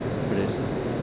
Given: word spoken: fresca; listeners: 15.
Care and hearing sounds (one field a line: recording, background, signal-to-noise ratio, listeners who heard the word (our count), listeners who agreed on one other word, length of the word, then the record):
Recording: one Spanish word in noise, from a listening test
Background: speech-shaped noise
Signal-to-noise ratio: -5.3 dB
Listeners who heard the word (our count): 0 of 15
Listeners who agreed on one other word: 10 of 15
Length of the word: 0.62 s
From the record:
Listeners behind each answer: 10, 2, 1, 1, 1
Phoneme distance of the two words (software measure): 17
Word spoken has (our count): 2 syllables, 6 phonemes, stress on syllable 1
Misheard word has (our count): 2 syllables, 5 phonemes, stress on syllable 1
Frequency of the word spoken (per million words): 14.26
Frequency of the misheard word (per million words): 18.87